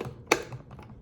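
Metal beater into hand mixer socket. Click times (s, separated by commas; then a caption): 0.3 s. A metal beater is pushed into the socket of a hand mixer while cookie dough is being prepared. One sharp click at 0.3 s marks the beater locking into place, followed by a few faint ticks. The beater is seated.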